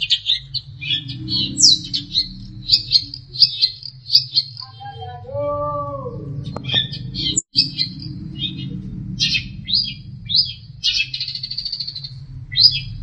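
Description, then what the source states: Long-tailed shrike song: rapid high chirps and whistles, briefly broken by a lower slurred note midway, then resuming with sharp notes over a low hum. Master song recording used for training songbirds.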